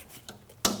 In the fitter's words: boom, latches.